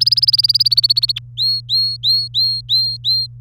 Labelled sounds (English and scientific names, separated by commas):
Domestic Canary (Serinus canaria) song